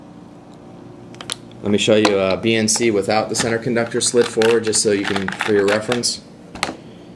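A Belden compression BNC connector is pushed onto RG59 coaxial cable over the braid, giving a few small clicks and a sharp click at 1.3 s as the center conductor slides all the way forward and locks into place. Someone then talks, and another sharp click is heard at 6.6 s. The connector is seated.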